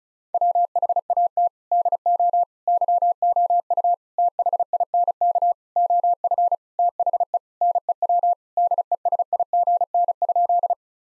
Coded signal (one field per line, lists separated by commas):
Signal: Morse code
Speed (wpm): 34 wpm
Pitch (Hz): 700 Hz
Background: none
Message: WHAT DO YOU THINK OF THE NEW DESIGN?